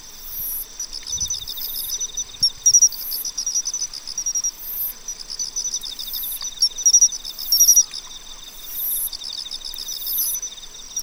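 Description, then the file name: Pine cricket song, short bright chirps in small clusters over a dense background of trilling and buzzing insects. "Matsumushi"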